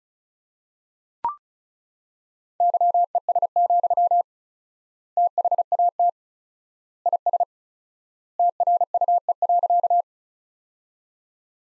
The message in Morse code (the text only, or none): YES, THAT IS TRUE.